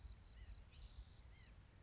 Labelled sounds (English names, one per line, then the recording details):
White-breasted Nuthatch
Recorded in Sonoma County, California